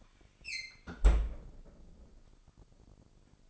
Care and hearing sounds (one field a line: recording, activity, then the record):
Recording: daily activity, microphone in the room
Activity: close fridge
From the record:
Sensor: 5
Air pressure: 995.4 hPa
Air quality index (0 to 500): 82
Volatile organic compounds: 3 ppm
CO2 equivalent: 1522 ppm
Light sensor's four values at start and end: 38/91/37/38 and 35/85/34/35